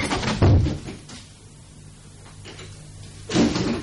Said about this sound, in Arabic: ها هو. أغلق الباب.